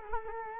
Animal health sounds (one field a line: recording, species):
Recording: mosquito wingbeat signal from an infrared sensor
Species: Culex quinquefasciatus